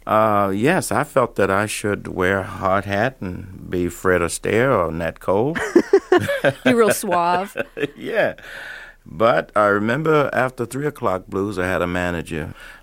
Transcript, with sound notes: Yes, I felt that I should wear a hard hat and be Fred Astaire or Nat Cole.
(LAUGHTER) Be real suave.
Yeah. But I remember after "Three O'Clock Blues," I had a manager.